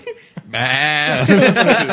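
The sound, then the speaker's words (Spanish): A sheep bleats once, a loud, sustained, wavering cry that turns rougher and broken toward the end, preceded by a brief faint sound and a short click. “Es que no es con ovejas, es con camellos.”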